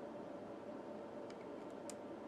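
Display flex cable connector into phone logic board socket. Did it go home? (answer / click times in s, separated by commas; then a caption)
yes / 1.9 s. A display flex cable connector is pressed onto its socket on an iPhone 6 logic board during reassembly after a screen replacement. Over a steady broadband hiss, a faint tick comes near 1.3 s, then a short, sharp click at 1.9 s as the connector seats. Nobody talks.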